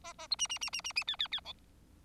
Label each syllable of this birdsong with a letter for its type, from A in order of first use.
A A B C C C C C C D D D E